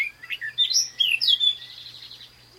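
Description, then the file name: Eurasian blackcap song: a short phrase of clear rising and falling whistled notes, ending in a thin sustained tone, with a low steady hum behind. "Sylvia atricapilla"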